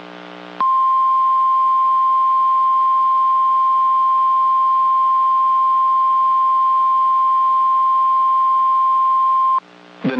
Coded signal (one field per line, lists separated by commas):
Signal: Emergency Alert System (SAME) tones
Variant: 1050 Hz attention tone